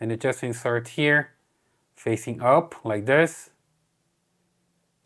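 Someone talks while a 32 GB Lexar microSD card is placed face up into the card slot opening of a Tapo C220 security camera. Only a faint small tick is heard near 5.1 s, with no latch sound; the card has not clicked or seated yet.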